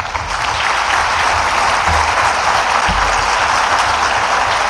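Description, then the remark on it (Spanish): A crowd applauds steadily for several seconds to welcome a guest speaker, a dense, even wash of many hands clapping at a constant loud level with no voices over it. “Así que pido por favor un aplauso para recibir a la licenciada”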